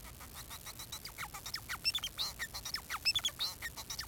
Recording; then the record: song of a male Bengalese finch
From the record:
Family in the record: son of father 4